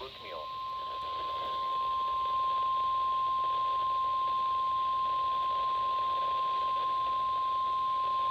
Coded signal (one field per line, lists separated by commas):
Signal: Emergency Alert System (SAME) tones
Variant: 1050 Hz attention tone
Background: speech